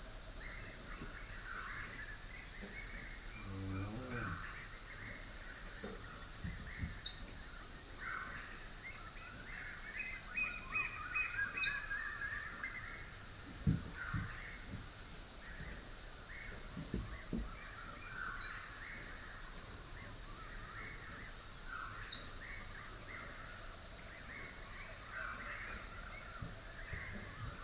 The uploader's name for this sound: Rural Dawn Chorus, Rathdowney, Queensland